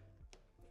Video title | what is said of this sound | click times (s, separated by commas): G5 Turret Ultra Review: unboxing, setup & AI features - Ubiquiti | Now it's lock. The bullet from the cover is on the lock sign. | 0.3 s